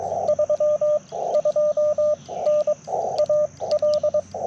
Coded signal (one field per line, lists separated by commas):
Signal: Morse code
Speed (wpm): 22 wpm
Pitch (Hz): 590 Hz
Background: none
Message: 32N AL